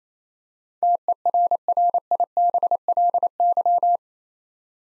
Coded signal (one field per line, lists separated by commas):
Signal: Morse code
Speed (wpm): 27 wpm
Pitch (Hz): 700 Hz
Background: none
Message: TERRIBLY